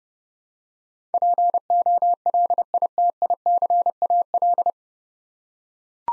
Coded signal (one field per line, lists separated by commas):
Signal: Morse code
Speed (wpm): 30 wpm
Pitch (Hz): 700 Hz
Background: none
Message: POLITICAL